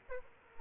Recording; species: mosquito wingbeat signal from an infrared sensor; Aedes aegypti